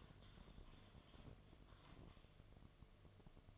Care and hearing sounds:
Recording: daily activity, microphone in the room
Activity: typing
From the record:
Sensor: 4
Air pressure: 1005.2 hPa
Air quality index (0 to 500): 182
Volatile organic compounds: 5 ppm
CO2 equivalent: 1791 ppm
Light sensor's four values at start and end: 6/12/5/4 and 6/12/5/4

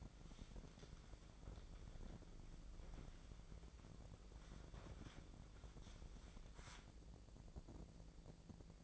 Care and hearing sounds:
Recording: daily activity, microphone in the room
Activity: wipe stove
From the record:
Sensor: 5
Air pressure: 1012.4 hPa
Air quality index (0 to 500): 157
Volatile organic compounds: 2 ppm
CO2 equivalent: 1069 ppm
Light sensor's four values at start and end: 190/453/194/223 and 191/457/195/225

